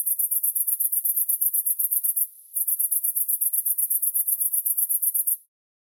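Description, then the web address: Cricket chirping, a very high, rapid run of even pulses with one brief pause in the middle before it continues and then stops. "best service Blue Box animals crickets 4"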